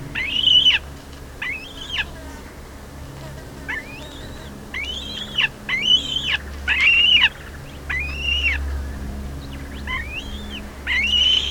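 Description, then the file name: Black-breasted buzzard repeating loud arched whistles, around one per second, each rising sharply then levelling and dropping, with a faint low hum beneath. "Hamirostra Melanosternon"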